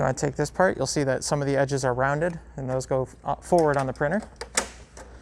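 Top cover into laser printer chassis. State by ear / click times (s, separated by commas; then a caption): seated / 4.6 s. Someone talks while the plastic top cover (RM2-8394) of an HP M602/M603 laser printer is set onto the chassis with its rounded edges toward the front and pressed down. A sharp snap at 4.6 s marks the cover clipping into place, seated.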